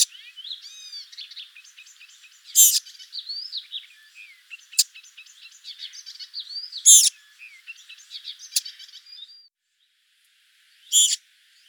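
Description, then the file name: Eurasian blackcap's hard tack calls breaking through a dense, high warbling chatter of squeaky and slurred notes, which falls silent near the end before a final tack. "Sylvia atricapilla"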